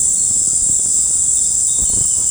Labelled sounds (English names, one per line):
none